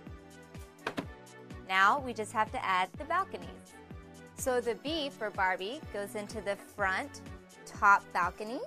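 A plastic room section is lined up and snapped onto a Barbie Dreamhouse dollhouse structure, giving a sharp double click at 0.9 s and 1.0 s as it seats. Music plays throughout, and someone talks afterward.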